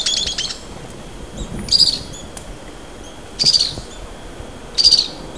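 Bird calls: a quick cluster of high notes at the start, then three short, sharp high chirps spaced about one and a half seconds apart over faint background hiss.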